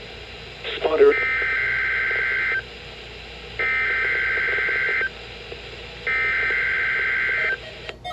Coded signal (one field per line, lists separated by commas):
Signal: Emergency Alert System (SAME) tones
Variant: header bursts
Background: speech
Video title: (EAS #404) KMKX Required Weekly Test